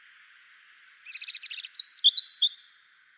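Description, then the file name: European robin song phrase: a high thin note, then a rapid run of repeated trilled notes, ending in quick, varied warbled chirps. "Erithacus rubecula"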